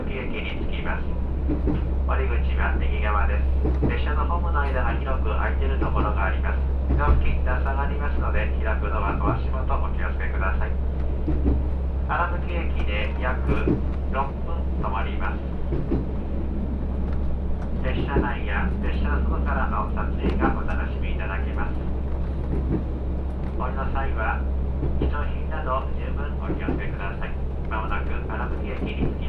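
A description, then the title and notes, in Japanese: A ride on the Ai Yoshinogawa trolley train along the Tokushima Line, with a heavy, steady low rumble from the train running under everything. Voices talk in bursts nearly throughout, with brief pauses, over a constant rattling hiss. 耳で楽しむ鉄道旅 徳島線 藍よしのがわトロッコ 貞光→学。トロッコ車両に乗っていましたが、意外に風が冷たく感じるので普通車のほうに避難してきました。こちらのほうが静かでしたので、半分寝ながら移動していました。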